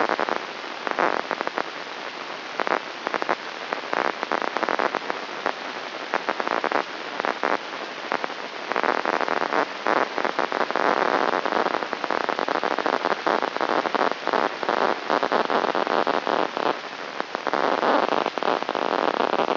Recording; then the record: brain microelectrode recording played as sound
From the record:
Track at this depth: outside the subthalamic nucleus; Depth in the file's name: 0.315 mm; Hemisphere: left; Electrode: 3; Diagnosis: Parkinson's disease